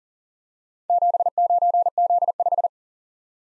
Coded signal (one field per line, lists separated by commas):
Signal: Morse code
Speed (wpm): 40 wpm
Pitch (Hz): 700 Hz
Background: none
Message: 79Z5